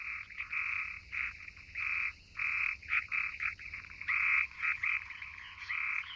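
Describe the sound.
Frog chorus of rasping croaks in irregular bursts, some long and some clipped short, several animals overlapping through the recording.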